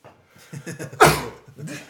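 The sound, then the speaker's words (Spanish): A single loud, sharp sneeze bursts out midway, breathy and noisy, with murmured voices or inhaled sounds just before it and brief vocal sounds trailing after. “Es que cuando la gente estornuda, yo no puedo mirarla, weón.”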